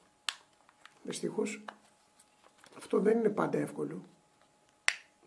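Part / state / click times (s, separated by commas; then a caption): battery pack into drone body / seated / 4.9 s. A plastic battery pack is pushed into the body of a SimToo Moment II GPS selfie drone while someone talks. A sharp click at 4.9 s marks one side latching, and the pack is seated and no longer slides out when tugged.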